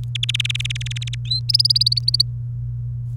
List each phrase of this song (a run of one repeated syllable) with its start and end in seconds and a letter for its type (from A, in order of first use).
0.15-1.15 A, 1.25-1.40 B, 1.49-2.22 C